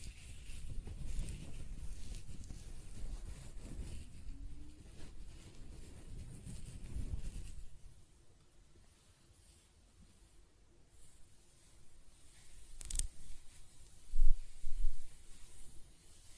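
Close-up hair sounds: soft scratching and brushing rustles fill the first seven seconds, dense and low with a slight rise and fall. Around eight seconds it drops to a faint hush, then short scratchy strokes return near thirteen to fifteen seconds, including a couple of sharper bursts.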